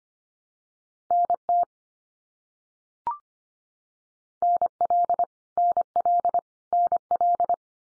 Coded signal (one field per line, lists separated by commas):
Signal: Morse code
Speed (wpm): 25 wpm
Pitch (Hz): 700 Hz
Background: none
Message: NT NL NL NL